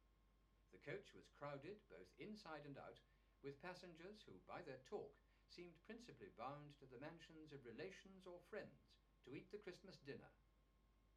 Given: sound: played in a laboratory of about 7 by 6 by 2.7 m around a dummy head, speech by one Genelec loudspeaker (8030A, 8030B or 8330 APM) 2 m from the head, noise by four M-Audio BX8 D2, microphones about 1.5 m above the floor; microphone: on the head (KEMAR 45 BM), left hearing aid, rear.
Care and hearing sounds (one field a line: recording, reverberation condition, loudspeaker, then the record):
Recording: male speech in English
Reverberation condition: low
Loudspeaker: 60 degrees to the left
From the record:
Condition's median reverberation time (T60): about 310 ms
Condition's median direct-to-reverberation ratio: about 3.5 dB